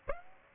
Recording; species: mosquito wingbeat signal from an infrared sensor; Aedes aegypti